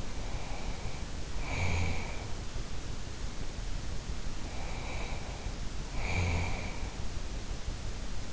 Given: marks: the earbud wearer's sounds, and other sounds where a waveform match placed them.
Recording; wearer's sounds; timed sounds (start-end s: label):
sounds in sleep by an in-ear microphone; snoring breath
0.00-2.34 s: snoring breath
4.32-6.94 s: snoring breath